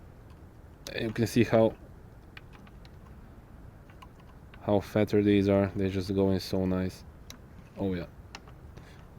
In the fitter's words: nice audible click